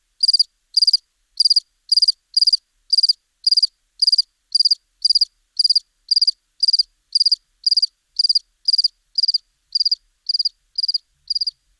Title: Sylvain Jaskowiak - Animus. Grillon domestique - Buoux, Vaucluse - mai 2001